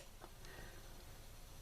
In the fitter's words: that is that is secure you actually have to it's a bit of pressure to get that off there